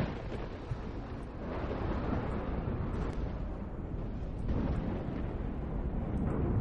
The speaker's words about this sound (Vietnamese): Tiếng sấm rền đùng đùng, ở giữa đó mang theo một âm thanh. Trong tiếng sấm, giống như là tiếng người đang ầm ầm mà quát lên, nghe đến đình tai nhức óc.